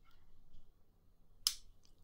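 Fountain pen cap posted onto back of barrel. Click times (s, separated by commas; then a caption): 1.5 s. The cap of a Lachieva Lux fountain pen in abalone is pushed onto the back end of the barrel to post it. A sharp, bright click is heard at 1.5 s, followed by a faint tick, over a quiet background. The cap snaps on and sits securely posted.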